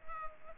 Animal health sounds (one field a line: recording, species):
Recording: mosquito wingbeat signal from an infrared sensor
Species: Culex quinquefasciatus